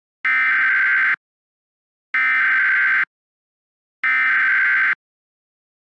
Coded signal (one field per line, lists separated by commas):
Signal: Emergency Alert System (SAME) tones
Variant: header bursts